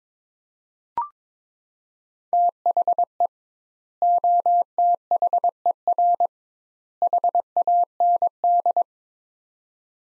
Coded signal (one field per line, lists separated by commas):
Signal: Morse code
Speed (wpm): 22 wpm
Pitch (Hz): 700 Hz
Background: none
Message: THE OTHER HAND